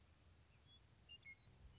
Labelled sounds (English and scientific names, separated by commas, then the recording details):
Western Meadowlark (Sturnella neglecta)
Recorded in Sonoma County, California